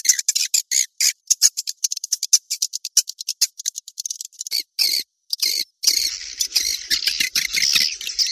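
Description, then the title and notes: Swiftlet calls: choppy bursts of high chirps and twitters with short gaps, turning into a continuous shrill chatter in the last seconds. Asia; sound used in swiftlet farming to attract the birds. "Swiflet Bird Sound. Farming Swiflet Bird asia sound"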